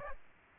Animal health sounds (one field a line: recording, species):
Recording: mosquito wingbeat signal from an infrared sensor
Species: Aedes aegypti